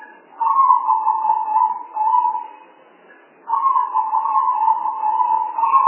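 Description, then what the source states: Spotted dove giving long, slightly wavering coo phrases, one after another with a short gap between. Spotted dove sounds used as a lure call for attracting the birds.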